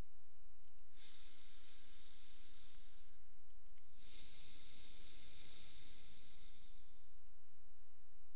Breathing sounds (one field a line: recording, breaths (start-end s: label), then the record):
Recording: nose breathing near a microphone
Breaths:
0.69-3.69 s: inhalation
3.69-7.19 s: exhalation
From the record:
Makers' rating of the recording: medium